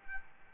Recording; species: mosquito wingbeat signal from an infrared sensor; Aedes albopictus